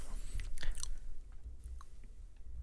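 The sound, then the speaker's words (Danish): Someone chewing a rum ball with moist, sticky mouth sounds and a few brief crunchy bites early on, then softer smacking continuing quietly without any talking. “jeg kunne have den her skide romkugle imens. Så den smager her godt”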